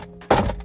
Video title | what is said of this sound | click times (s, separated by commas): CHANGEMENT AUTORADIO TOYOTA AVENSIS VERSO 2002 😱 (Résultat incroyable) | Donc c'est retiré, on va essayer de déclipser ça. Ça vient assez facilement. | 0.3 s